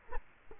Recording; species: mosquito wingbeat signal from an infrared sensor; Culex quinquefasciatus